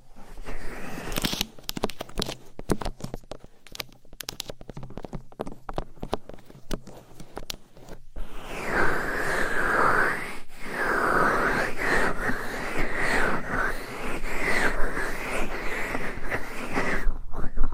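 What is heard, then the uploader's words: Scratching and tapping on different items with nails. The first eight seconds are sharp, irregular taps and clicks with short gaps between them. After a brief pause a denser, continuous scratching takes over, bright and rasping, with slight dips until it stops near the end. ASMR Deep Ear Attention Scratching , Tapping & Massage with Different Items & Nails No Talking.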